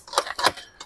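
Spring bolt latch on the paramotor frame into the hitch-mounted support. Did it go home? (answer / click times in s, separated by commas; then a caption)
yes / 0.2 s, 0.5 s. Spring-loaded bolt latches on a paramotor frame set down on a wooden support mounted on a tow ball snap into place. Two sharp metallic snaps are heard at 0.2 s and 0.5 s, with lighter clinks around them, and the paramotor is locked in the support.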